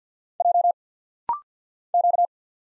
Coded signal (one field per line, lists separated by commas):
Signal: Morse code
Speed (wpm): 48 wpm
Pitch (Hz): 700 Hz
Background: none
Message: J Q